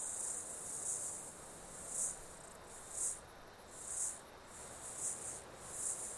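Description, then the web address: Insects in pulsing bursts of high buzzing, a loud swell roughly once a second over a fainter steady drone. Insects during an Australian summer, outdoors. "Foundation 1 AMBIENCE AUSTRALIAN SUMMER INSECTS"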